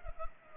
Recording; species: mosquito wingbeat signal from an infrared sensor; Culex pipiens